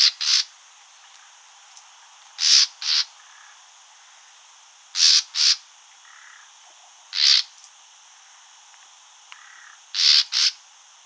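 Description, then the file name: Common nightingale harsh calls, grating bursts usually paired, repeated every two to three seconds over a quiet background. "Luscinia megarhynchos"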